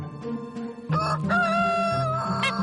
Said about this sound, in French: C'est des jeunes poulettes. Donc voilà, les poules, ça pond tous les jours.